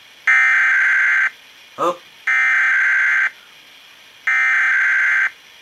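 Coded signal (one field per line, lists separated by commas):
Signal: Emergency Alert System (SAME) tones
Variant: header bursts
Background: speech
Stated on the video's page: Required Monthly Test relayed on public radio FM station, originated by state emergency management, aired 27 minutes late.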